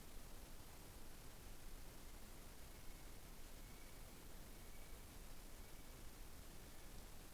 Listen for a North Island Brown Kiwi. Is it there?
yes